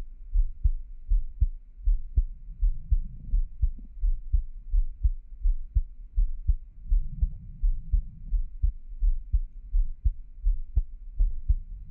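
Soft, deep thumps repeat steadily at about 83 beats a minute, each beat a muffled lub-dub pair, over a low rumbling hum. It is an ordinary, regular adult heartbeat heard close up.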